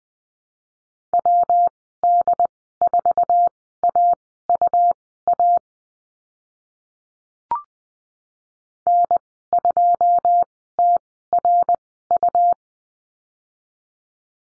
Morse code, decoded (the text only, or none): WD4AUA N2TRU